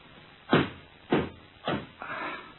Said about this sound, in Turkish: Kapı çalınıyor hatun. Bir bakayım. Kimmiş gelen?